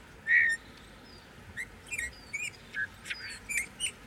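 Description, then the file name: Eurasian bullfinch call, one clear whistled piping note near the start, followed by several fainter, higher chirps and thin whistles. "Pyrrhula pyrrhula"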